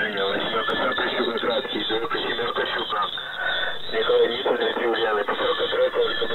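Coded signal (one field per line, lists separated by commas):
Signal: coded military voice message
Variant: The Pip, Russian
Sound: a male voice speaking Russian over a noisy, narrow shortwave radio channel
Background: radio static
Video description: "The Pip" is a Russian military station that broadcasts on 5448 kHz at daytime and 3756 kHz at nighttime.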